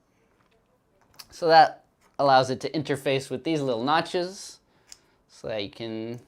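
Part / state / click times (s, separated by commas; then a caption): 3D-printed ornament hanger into a notch on a 3D-printed tree branch / not seated / none. Someone talks while a 3D-printed plastic ornament with flexing hanger clips is handled near the notches on a 3D-printed tree branch, with a few faint soft ticks before the talking starts. The hanger has not snapped into the notch yet; nothing has seated or clicked.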